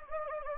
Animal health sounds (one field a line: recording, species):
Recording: mosquito wingbeat signal from an infrared sensor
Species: Anopheles gambiae